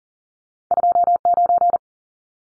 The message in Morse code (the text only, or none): 29